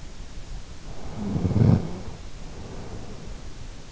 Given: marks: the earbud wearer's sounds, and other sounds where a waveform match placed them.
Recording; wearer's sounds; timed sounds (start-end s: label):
sounds in sleep by an in-ear microphone; snoring breath
1.05-3.78 s: snoring breath